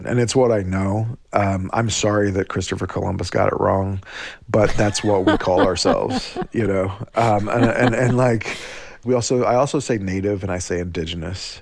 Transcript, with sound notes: And it's what I know. I'm sorry that Christopher Columbus got it wrong.
(Laughter).
But that's what we call ourselves, you know? And, like, we also - I also say Native, and I say Indigenous.